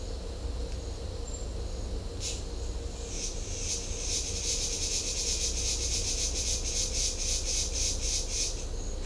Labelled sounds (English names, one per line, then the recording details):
none
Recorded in secondary vegetation near Puerto Asís, Putumayo, Colombia, on 18 December 2024 at 10:30
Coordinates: 0.500, -76.326
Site G065